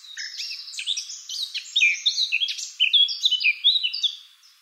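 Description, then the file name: Eurasian blackcap song, a continuous, hurried warble of scratchy chirps mixed with clear whistled phrases, tapering off at the end. "Sylvia atricapilla"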